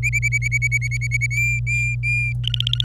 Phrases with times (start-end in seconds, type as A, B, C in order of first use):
0.03-1.26 A, 1.31-2.33 B, 2.44-2.84 C